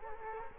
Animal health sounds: mosquito wingbeat signal from an infrared sensor; Culex quinquefasciatus

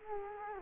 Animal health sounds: mosquito wingbeat signal from an infrared sensor; Culex quinquefasciatus

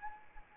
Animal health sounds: mosquito wingbeat signal from an infrared sensor; Anopheles arabiensis

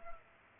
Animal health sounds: mosquito wingbeat signal from an infrared sensor; Culex pipiens

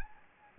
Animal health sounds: mosquito wingbeat signal from an infrared sensor; Anopheles gambiae

